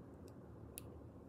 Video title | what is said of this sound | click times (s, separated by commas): 01/05/24 JTV Fridays. Order at: JTV.com/antonella | it's locked you'll hear it click hold on | 0.8 s